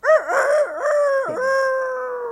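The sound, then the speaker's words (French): A human voice imitates a rooster's crow in one sustained, wavering call, rising and bending in pitch before holding a long, steady strained note that slowly fades. “Vous imitez le coq maintenant.”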